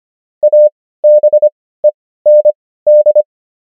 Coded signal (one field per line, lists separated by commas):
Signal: Morse code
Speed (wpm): 25 wpm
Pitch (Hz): 600 Hz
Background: none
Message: ABEND